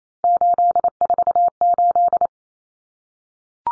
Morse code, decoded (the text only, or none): 848